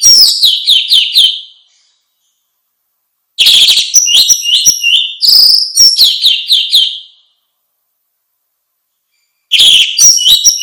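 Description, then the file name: Orange-headed thrush singing bursts of fast, high, jumbled twitters and whistles, each lasting one to four seconds with quiet gaps between. "suara kicau burung anis merah luar biasa"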